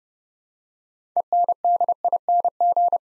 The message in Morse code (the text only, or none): ENDING